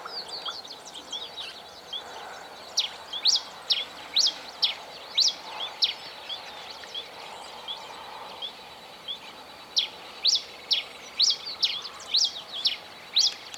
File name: brasita-fuego voz